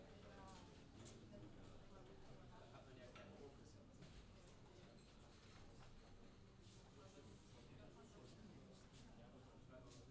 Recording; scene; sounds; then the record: everyday scene through a hearing-aid microphone; many people talking; many voices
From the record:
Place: university cafeteria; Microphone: in the ear canal, left